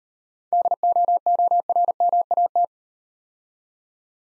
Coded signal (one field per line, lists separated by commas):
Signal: Morse code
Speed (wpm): 38 wpm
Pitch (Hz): 700 Hz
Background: none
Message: DOORMAT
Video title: Easy Words - Speed-Racing with Hints - 30wpm